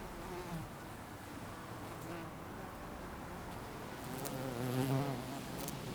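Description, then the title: Bee buzzing, a soft wavering hum that swells toward the end, with a few faint clicks in the background. Bees buzzing in a garden on a sunny summer day in Jette, Belgium; Sony PCM-D100 internal microphones, wide position. "Rue Jean Baudoux 40, 1090 Jette, Belgique - Bees in the garden"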